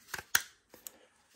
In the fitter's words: That snaps back in place.